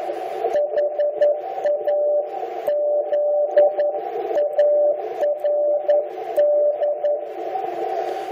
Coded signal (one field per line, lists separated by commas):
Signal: Morse code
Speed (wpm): 11 wpm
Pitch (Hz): 590 Hz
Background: music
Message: HAZARD